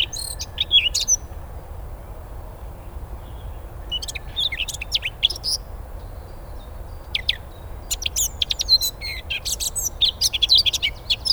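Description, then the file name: Eurasian blackcap song: scattered bursts of fast, high scratchy warbling separated by pauses, becoming denser and busier towards the end. "Sylvia atricapilla"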